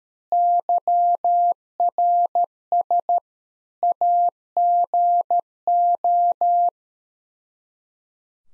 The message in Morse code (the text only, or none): YRS AGO